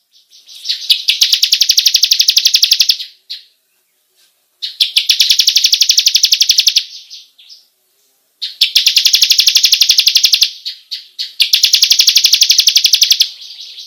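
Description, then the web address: Bar-winged prinia delivering four long, rapid, high-pitched rolling trills, each about two to three seconds, with clear silent gaps between them. Long rolling song style called ngerol panjang. "ciblek suara-burung-ciblek-ngerol-panjang"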